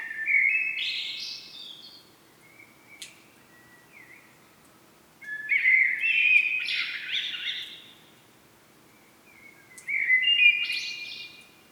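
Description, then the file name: Common blackbird song: three warbled, fluty phrases about five seconds apart, each starting low and mellow and ending in a higher, scratchy twitter, with quiet pauses between. "Turdus merula"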